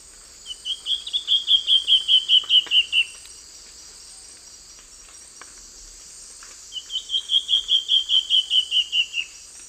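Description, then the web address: Black-faced antbird singing two songs, each a quick series of about twelve whistled notes that rises slightly then drifts lower, with steady high-pitched insect buzzing throughout. South America, eastern lowlands. "Nature Songs S America Eastern Lowlands. Myrmoborus myotherinus, song"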